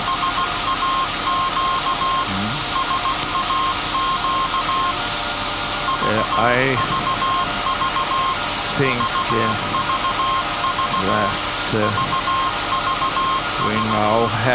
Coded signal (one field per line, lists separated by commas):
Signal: Morse code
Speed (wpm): 16 wpm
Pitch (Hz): 1060 Hz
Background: speech, music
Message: SAQ SAQ VVV VVV VVV